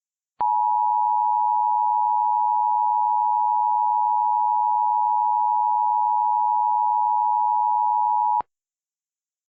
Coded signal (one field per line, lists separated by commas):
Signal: Emergency Alert System (SAME) tones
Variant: 853 and 960 Hz attention tone